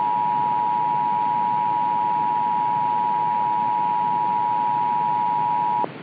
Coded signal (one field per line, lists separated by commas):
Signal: Emergency Alert System (SAME) tones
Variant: 853 and 960 Hz attention tone